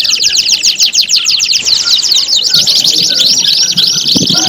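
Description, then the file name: Domestic canary song: fast, dense rolling trills and rapid repeated high notes, shifting into smoother whistled phrases halfway through, sung continuously and loudly. Standard canary song, made as an audio simulation of a singing contest. "audio-simulasi-lomba-kenari-standar 3-omkicau"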